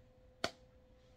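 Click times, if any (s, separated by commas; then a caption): 0.4 s. A magnetic tail is attached to a doll body, and the powerful magnet snaps it into place with one sharp, bright click at 0.4 seconds. A faint steady hum runs underneath. The tail is seated on the body.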